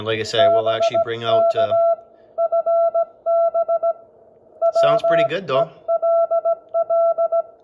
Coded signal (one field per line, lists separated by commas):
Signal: Morse code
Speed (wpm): 17 wpm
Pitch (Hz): 670 Hz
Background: speech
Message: BK FB WELL